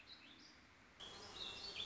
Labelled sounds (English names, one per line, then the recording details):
Warbling Vireo
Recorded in Sonoma County, California